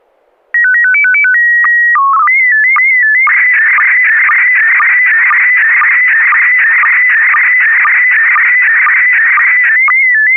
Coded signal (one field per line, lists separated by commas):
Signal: SSTV (slow-scan television)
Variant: PD 120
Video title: N6NA SSTV Net - 09/25/2024